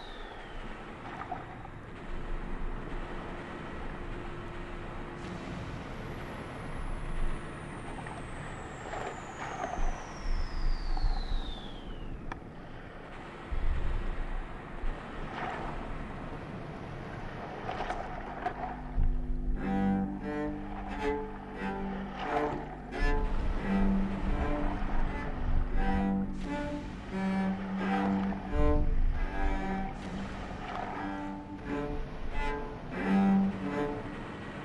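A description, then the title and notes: Beach scene with a long falling whistle early, thuds and rumbling, then from about twenty seconds a song with steady beats over continuing noise. The beach, bombs, parachutes, gunfire and a song.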